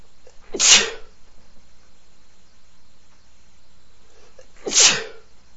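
Two sharp, explosive sneezes from an adult man, about four seconds apart, each a short burst of hissing air after a brief intake; an ordinary reflex clearing the nose.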